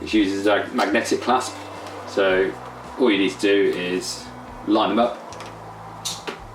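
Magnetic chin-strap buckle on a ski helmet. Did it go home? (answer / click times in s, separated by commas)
yes / 6.1 s, 6.3 s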